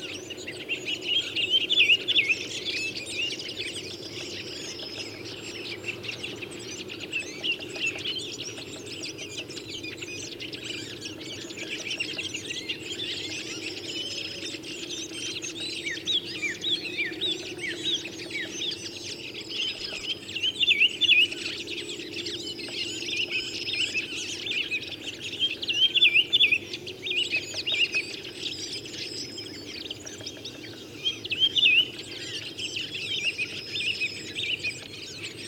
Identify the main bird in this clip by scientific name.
Turdus iliacus